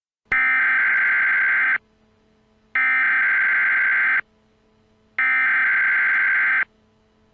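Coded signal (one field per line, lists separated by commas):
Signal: Emergency Alert System (SAME) tones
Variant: header bursts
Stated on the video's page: Fictional EAS scenario recreation.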